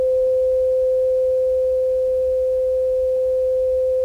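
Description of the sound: A steady pure test tone from an audiometer during tinnitus matching. The tone is set somewhat lower to compare it with the patient's own ear noise.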